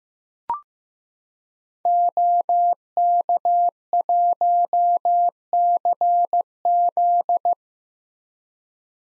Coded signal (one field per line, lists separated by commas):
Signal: Morse code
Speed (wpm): 15 wpm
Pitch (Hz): 700 Hz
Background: none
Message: OK1CZ